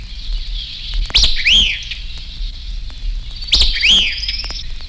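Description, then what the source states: White-eyed Vireo song: two quick emphatic phrases, each a sharp note followed by an arched slurred whistle, against a constant high hiss. Male; favours woodlands with brushy thickets; notes rapid, emphatic and staccato.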